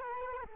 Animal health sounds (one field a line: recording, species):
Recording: mosquito wingbeat signal from an infrared sensor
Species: Culex quinquefasciatus